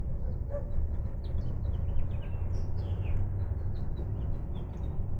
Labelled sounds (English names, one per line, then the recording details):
House Finch song
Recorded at Oceanside on Long Island, New York, on 17 June 1975
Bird J